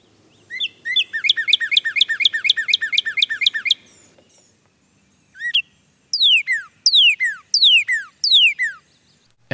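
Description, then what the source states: Northern cardinal singing: a fast trill of short repeated chirps lasting about three seconds, then a pause, then a series of loud, clear, downslurred whistles. Bright red; year-round resident with a distinctive call.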